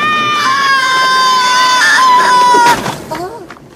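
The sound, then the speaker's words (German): A cartoon flier character, flung through the air when Littlefoot lets go of the fern frond it sat on, lets out a long, sustained high-pitched scream for nearly three seconds as it lands on the ground, then breaks off into a short, shaky whimper as the sound fades. “Und als Littlefoot ihn loslässt, wird er durch die Luft geschleudert und landet mit einem Schrei auf dem Boden.”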